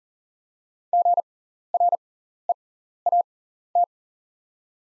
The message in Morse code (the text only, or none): GREAT